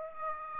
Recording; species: mosquito wingbeat signal from an infrared sensor; Aedes aegypti